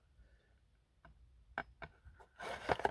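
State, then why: Seated. An axe head is pushed into a homemade kydex-like thermoplastic sheet scabbard with a flared mouth until it snaps into the retention, with the sharp snap at 1.6 s as the loudest hit. Softer ticks come at about 1.1 s and 1.8 s, and a burst of broadband noise with several sharp hits fills the last half second. The axe head ends up seated in the scabbard.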